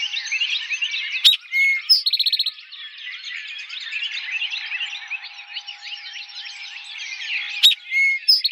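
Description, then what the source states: Eastern towhee singing: a sharp note and quick whistle, then a rapid trill of repeated notes, with another phrase beginning near the end, all over dense background twittering. Recorded on 4 January 2007.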